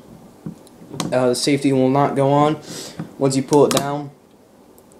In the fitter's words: then it will flick up and click into place very sturdily and it is not going to go anywhere